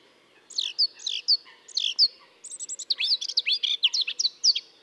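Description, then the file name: Eurasian blackcap song, sharp chirping phrases at first, then a faster, jumbled warbling chatter that carries on to the end. "Sylvia atricapilla"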